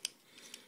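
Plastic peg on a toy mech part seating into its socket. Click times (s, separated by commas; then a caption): 0.1 s. A small plastic peg on a transforming robot toy piece is pressed into its socket after the head is tucked back in. It snaps into place with a sharp, bright click at 0.05 s, followed by a fainter tick at 0.54 s. The peg is seated.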